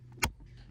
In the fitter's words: but then once you go to push it you should hear it kind of snap in place when you're pushing it up of course make sure it's lined up right and then just give it a little Force to push it up and have it snap in place